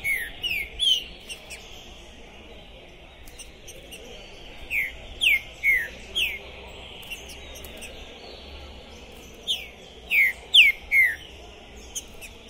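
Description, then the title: Green-winged saltator: phrases of three to five clear descending whistles separated by pauses, with thin, sharp chirps behind. Captive bird at a singing tournament entrance, warming up before a contest, chirping, singing and acting macho (macheando), described as 'possessed'; 2021; called a 'Pistoleiro' bird. "ESQUENTAR Seu TRINCA Piando, Cantando E Macheando Na DISPUTA. Esse TRINCA FERRO ficou POSSUÍDO na PORTA do TORNEIO! Trinca Ferro Pistoleiro 2021!"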